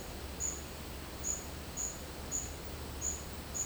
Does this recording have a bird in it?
no